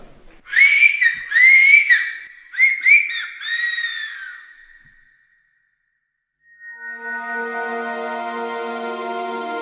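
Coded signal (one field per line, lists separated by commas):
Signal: whistled language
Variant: Silbo Gomero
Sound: loud piercing whistle with several rising and falling glides, a pause, then a steady tonal drone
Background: steady musical drone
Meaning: OK, OK, I'm coming over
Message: bueno bueno ya voy para allá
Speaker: Cristian Contéstale bueno bueno ya voy para allá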